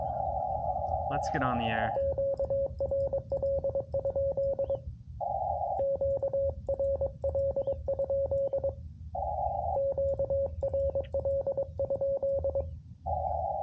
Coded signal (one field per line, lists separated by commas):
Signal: Morse code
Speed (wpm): 22 wpm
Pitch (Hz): 550 Hz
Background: speech, radio noise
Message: QRL? QRL? QRL?